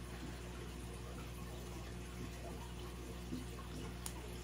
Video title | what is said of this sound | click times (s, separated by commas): Budget September - Sofirn SP10 and Wuben G2 Flashlights | and it just locks into place so that's a | 4.1 s